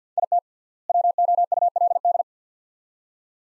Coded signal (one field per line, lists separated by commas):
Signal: Morse code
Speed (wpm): 50 wpm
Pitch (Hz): 700 Hz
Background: none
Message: IT WOULD